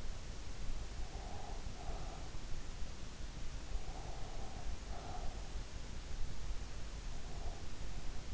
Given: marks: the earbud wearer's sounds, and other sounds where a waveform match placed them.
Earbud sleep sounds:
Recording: sounds in sleep by an in-ear microphone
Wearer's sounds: breath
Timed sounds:
1.10-2.30 s: breath
3.86-5.52 s: breath
7.24-8.34 s: breath

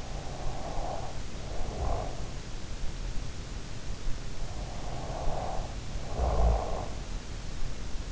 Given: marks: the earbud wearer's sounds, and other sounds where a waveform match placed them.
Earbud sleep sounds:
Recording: sounds in sleep by an in-ear microphone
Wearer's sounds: snoring breath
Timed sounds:
0.00-2.23 s: snoring breath
4.89-7.59 s: snoring breath

